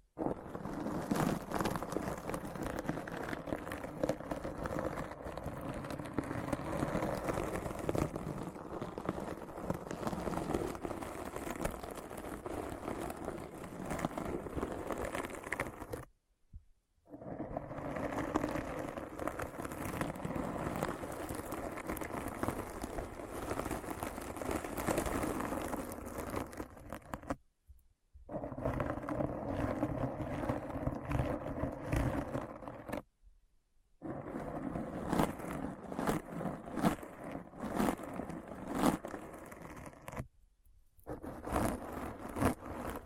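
Dense, steady scratching fills long stretches, broken by four brief silences near 16, 27, 33 and 40 seconds before resuming.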